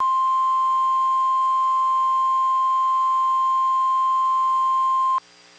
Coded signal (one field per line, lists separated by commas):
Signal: Emergency Alert System (SAME) tones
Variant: 1050 Hz attention tone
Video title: FIRST WARNING FOR NASHVILLE | 4/13/22 - HUGE PDS Severe thunderstorm Warning on KIG79 (EAS #422)